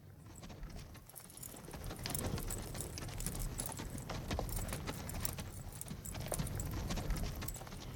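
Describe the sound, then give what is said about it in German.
Horse hooves clip-clop as the rider steers his horse Hatatitla beside another horse, a steady, uneven patter of sharp knocks over a continuous rustling, jangling background, moderately loud throughout with no voices. “Ich benutzte die günstige Gelegenheit, etwas mehr über die unglückliche geisteskranke Frau zu erfahren, indem ich meinen Hatatitla neben das Pferd lenkte, auf dem der Vater von Apanatschka festgebunden worden war.”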